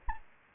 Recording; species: mosquito wingbeat signal from an infrared sensor; Anopheles gambiae